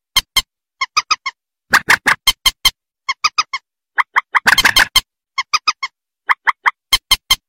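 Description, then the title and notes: Rail calling in quick clusters of three or four short nasal notes, with a harsh rasping burst near the middle. "Kicau Burung Mandar"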